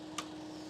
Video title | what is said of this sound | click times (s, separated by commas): Harley-Davidson ROAD GLIDE 3 - Ride & Review | Make sure it clicks. Boom. You're good to go. | 0.2 s